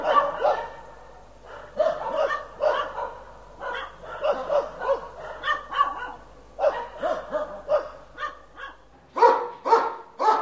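Dog barking in quick irregular bursts, sharp repeated woofs with short pauses.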